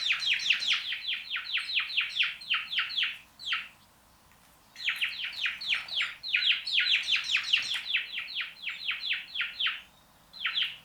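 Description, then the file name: House sparrow chirps in two rapid bursts of many short, bright notes, split by a quiet gap of about a second, then a final brief pair of chirps. "Passer domesticus"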